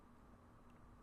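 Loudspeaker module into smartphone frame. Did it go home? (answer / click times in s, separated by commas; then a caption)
no / none. A loudspeaker module is handled into the midframe of a Nokia Lumia 830 during screen-replacement reassembly, inserted bottom first and swung closed like a door. Only a steady low background noise with a faint hum is heard, plus a brief faint high tone near 0.7 s. Nothing has seated or clicked yet; the clip ends just before the module snaps into place.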